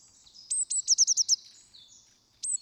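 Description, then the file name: Eurasian blue tit call of high thin notes running into a short rapid trill, with the start of another phrase at the end over a faint high background hiss. "Cyanistes caeruleus"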